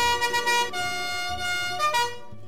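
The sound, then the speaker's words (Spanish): A bus sets off for Sanare, a small town in Lara state, Venezuela, with a loud, blaring horn-like tone over a low rumbling engine, the pitch shifting in steps before the sound cuts off abruptly near the end. “Subamos al autobús mágico de la Ronda Feliz. ¡Allá vamos!”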